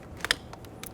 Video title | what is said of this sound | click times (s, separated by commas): How to Replace Interior Door Handles 2011-2014 Hyundai Sonata | Push until you hear a click. If you don't hear a click, pull on them, make sure they're locked in. | 0.3 s